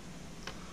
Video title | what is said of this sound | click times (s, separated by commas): To Solder or not to Solder | guess where everyone I pushed in I heard click there it is | 0.5 s